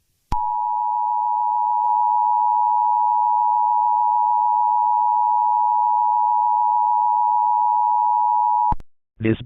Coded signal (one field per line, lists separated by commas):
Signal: Emergency Alert System (SAME) tones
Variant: 853 and 960 Hz attention tone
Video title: EAS Scenario: The red eye man PT: 4 (Analog horror’